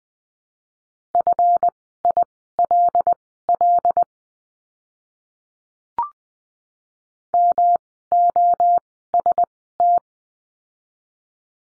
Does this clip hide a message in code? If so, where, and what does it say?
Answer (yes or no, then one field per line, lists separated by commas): yes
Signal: Morse code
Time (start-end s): 1.1-10.0 s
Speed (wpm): 20 wpm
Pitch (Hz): 700 Hz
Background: none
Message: FILL MOST